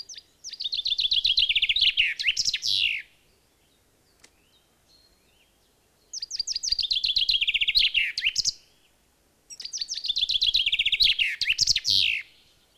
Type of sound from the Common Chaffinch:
song